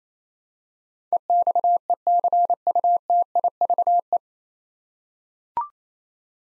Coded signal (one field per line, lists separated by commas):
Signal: Morse code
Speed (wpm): 28 wpm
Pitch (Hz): 700 Hz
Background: none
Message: EXECUTIVE